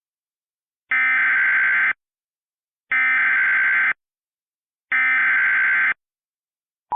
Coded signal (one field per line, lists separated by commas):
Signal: Emergency Alert System (SAME) tones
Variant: header bursts